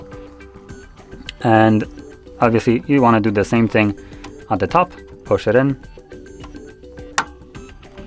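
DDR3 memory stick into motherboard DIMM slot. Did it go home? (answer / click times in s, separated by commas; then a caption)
yes / 7.2 s. A DDR3 memory stick has its top end pushed down into a motherboard DIMM slot while someone talks. A sharp click at 7.2 s marks the latch snapping shut, and the stick is seated and held in place.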